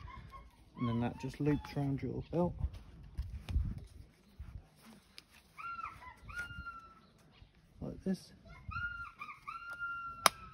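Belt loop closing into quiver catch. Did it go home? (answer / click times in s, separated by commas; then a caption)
yes / 10.3 s. A belt loop on a hip quiver is wrapped around a belt and pushed into its plastic catch while someone talks, with birdsong and fowl sounds in the background. A sharp click at 10.3 seconds marks the loop seating in place.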